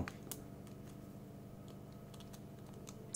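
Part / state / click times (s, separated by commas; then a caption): small 3D-printed piece into an Iron Man model assembly / not seated / none. A small 3D-printed plastic piece is handled and pushed toward its slot in an Iron Man model assembly, with light tapping and clicking sounds over a steady low hum. Nothing has seated or clicked home yet.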